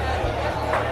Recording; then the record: background sound without coughing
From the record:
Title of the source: CITY SOUNDS Busy Bar in the Evening Night - 2 HOURS of Ambiance for Relaxation